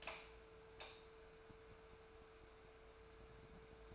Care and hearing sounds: daily activity, microphone in the room; light on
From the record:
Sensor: 2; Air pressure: 1014.4 hPa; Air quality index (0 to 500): 172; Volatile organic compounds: 11 ppm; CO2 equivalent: 2280 ppm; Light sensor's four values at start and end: 17/41/17/19 and 29/73/31/34

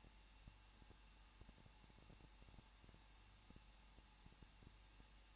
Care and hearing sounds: daily activity, microphone in the room; no activity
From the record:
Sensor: 1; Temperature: 20.1 degrees Celsius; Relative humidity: 39.2%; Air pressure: 1006.3 hPa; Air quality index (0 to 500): 218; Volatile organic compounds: 78 ppm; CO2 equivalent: 3591 ppm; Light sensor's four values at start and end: 1/2/1/1 and 1/2/1/1

